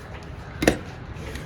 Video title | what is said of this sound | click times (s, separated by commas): Installation of Paddle Shifters on FORD Falcon FG MK1 - KAYHAN AUDIO - | which clicks in place make sure you hit a click sound | 0.6 s, 0.7 s